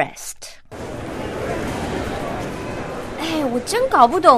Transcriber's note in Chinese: Crowded mall FX